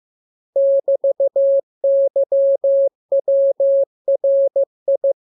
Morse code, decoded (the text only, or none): <BT>YWRI